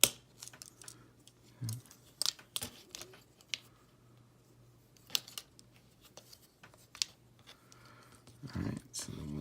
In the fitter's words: this up you'll hear it click when it gets into place